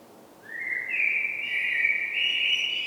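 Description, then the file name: Common blackbird: after a quiet start, a long clear whistled note rises in steps and holds steady for about two seconds. "Turdus merula"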